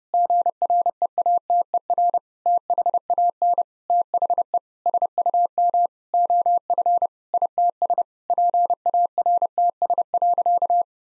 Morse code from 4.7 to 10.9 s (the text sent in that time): SUM OF ITS PARTS.